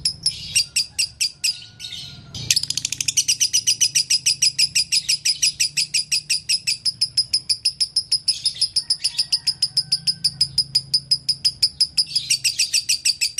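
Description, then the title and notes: Canary singing a long run of sharp, high chip notes at a brisk even pace, with a brief pause and a denser burst early on. Long-duration canary song used as masteran, a tutor song for training birds. "Kicauan Kenari Durasi Panjang. Masteran Burung Lengkap"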